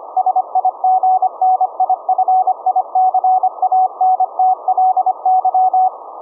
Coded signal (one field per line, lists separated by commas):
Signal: Morse code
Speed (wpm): 25 wpm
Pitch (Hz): 750 Hz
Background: none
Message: SIGNIFICANTLY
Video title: Raspberry Pi - Remote VLF CW QRP 1 Watt Transmitter(17.650 Khz) - Compact Delta Loop Antenna